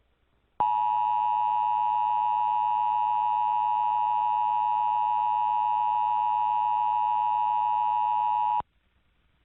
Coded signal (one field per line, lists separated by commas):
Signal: Emergency Alert System (SAME) tones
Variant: 853 and 960 Hz attention tone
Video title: EAS Scenario #2 - North Korean Missile Attack